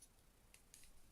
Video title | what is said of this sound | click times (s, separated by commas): Power Rangers In Space Deluxe Astro Megazord Review | it will click into place basically | 0.7 s